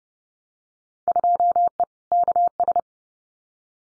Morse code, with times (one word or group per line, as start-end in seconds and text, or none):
1.1-1.8 2E
2.1-2.8 KS